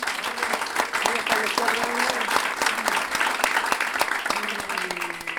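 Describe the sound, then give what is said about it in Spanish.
A crowd claps steadily for several seconds for a Chilean guaso from the Sixth Region, winner of the latest pie forzado tournament held in Pirque, a dense, even patter of many hands, with a few voices murmuring or calling out beneath the applause. “chileno, hombre guaso también de la sexta región, y que es el ganador del último torneo de pie forzado que se celebró en Pirque, en la Gempuesa, así que yo creo que se merece un aplauso.”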